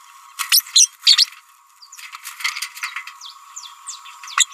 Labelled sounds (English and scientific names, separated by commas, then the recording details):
Green-rumped Parrotlet (Forpus passerinus) babbling
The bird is a female
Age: 29 days
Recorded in a nest box in Venezuela
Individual 17B31A3